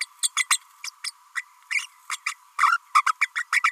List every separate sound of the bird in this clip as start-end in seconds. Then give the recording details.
0.22-0.30, 0.36-0.47, 0.50-0.59, 0.84-0.90, 1.04-1.11, 1.35-1.44, 1.70-1.87, 2.10-2.17, 2.26-2.36, 2.58-2.77, 2.95-3.03, 3.06-3.13, 3.21-3.30, 3.35-3.44, 3.52-3.63. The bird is a female. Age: 31 days. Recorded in a nest box in Venezuela. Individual 17B32A5